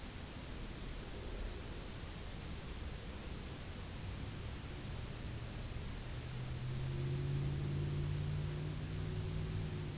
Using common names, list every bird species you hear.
none